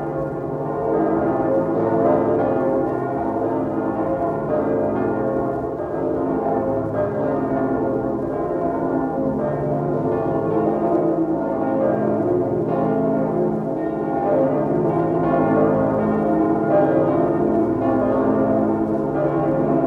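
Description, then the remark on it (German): The bells of St. Michael's Church in Hamburg ring together for Christmas in a full, steady peal, their deep overlapping tones and shimmering overtones blending into one continuous loud wash with no voices. “Die Glocken der Michaeliskirche in Hamburg.”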